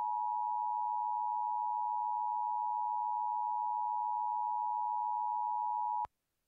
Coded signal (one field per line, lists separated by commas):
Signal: Emergency Alert System (SAME) tones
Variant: 853 and 960 Hz attention tone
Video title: EAS Mock Scenario: The Largest High Risk for Severe Weather Ever Issued (May 30th, 2004)